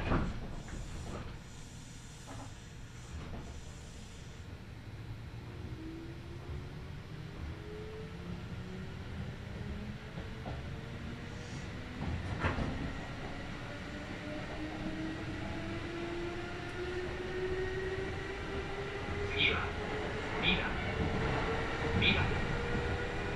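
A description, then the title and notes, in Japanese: A Kintetsu Nagoya Line local train runs from Shiohama toward Shiroko, a steady low rumble with rising and falling motor tones sweeping upward as it accelerates. Clattering knocks come early on, and sharp bright squeals flick in near twenty seconds. 近鉄名古屋線各駅停車 塩浜→白子。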